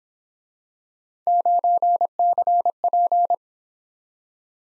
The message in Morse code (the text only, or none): 9CP